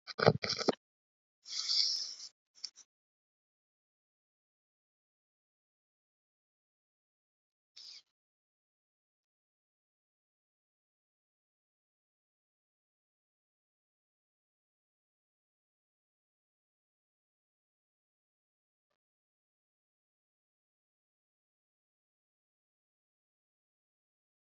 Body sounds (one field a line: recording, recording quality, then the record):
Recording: deep breathing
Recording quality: poor, much background noise or distortion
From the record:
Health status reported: healthy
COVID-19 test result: negative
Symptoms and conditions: sore throat, fatigue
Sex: male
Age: 34 years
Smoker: yes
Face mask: not worn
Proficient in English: yes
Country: India